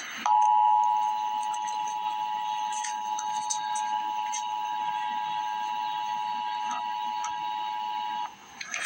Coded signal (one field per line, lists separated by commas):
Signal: Emergency Alert System (SAME) tones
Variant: 853 and 960 Hz attention tone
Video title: Emergency Alert System - Special Weather Statement - Jan 17, 2026 at 9:05 AM EST